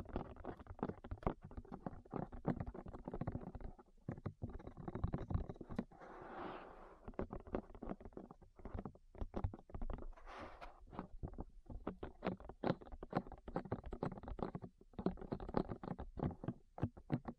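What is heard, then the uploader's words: Ear tapping: quick, dull taps and soft thumps repeat densely and fairly evenly for the whole stretch, mostly low and muffled. Around six seconds and again near ten, a brief rubbing, rustling sound rises over the taps. ASMR Tap Your Ears 3Dio (No Talking).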